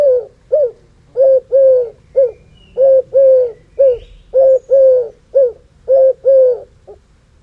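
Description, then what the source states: European turtle dove purring in a steady run of short rolling coo notes, single and in pairs, continuing without pause throughout. Calling on the nest.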